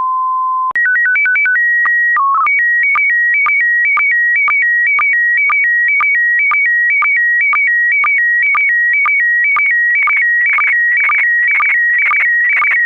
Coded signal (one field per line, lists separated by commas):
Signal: SSTV (slow-scan television)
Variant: PD 120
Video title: Slow Scan Radio, 12 September 2018, Ep. 8